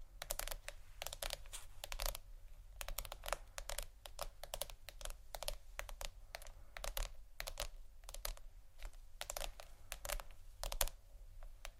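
Quick, crisp taps and scratches on plastic come in an irregular stream, several per second, in short bursts like typing. The clicks are sharp and bright, with brief pauses between clusters, over a faint steady low hum throughout.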